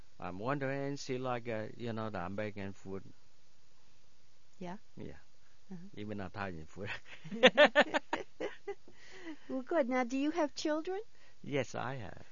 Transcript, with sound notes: I'm wondering, she like, you know, the American food.
Yeah?
Yeah. Even Italian food. ( they laugh )
Well, good. Now, do you have children?
Yes, I have.